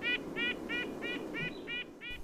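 Pika giving short, nasal, squeaky calls, seven in a row at roughly one every third of a second, over a low background hiss.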